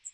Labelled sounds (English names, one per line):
Magnolia Warbler flight call